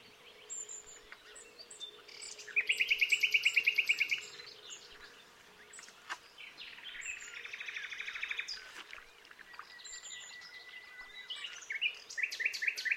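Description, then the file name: Common nightingale song: varied phrases with high thin whistles, a fast buzzy trill of rapidly repeated notes, then further trills and scratchy notes throughout. "Luscinia megarhynchos"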